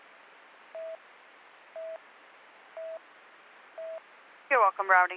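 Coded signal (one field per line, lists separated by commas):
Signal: none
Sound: police radio talk beeps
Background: speech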